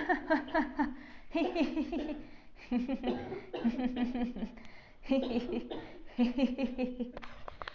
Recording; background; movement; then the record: laughter; a bystander coughing; sitting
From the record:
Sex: female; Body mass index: 22.6 kg/m2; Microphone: on the chest, facing outward